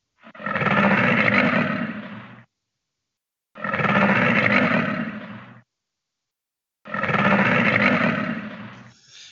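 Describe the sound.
American alligator roaring: three long, rumbling bellows of about two seconds each, separated by short silent pauses.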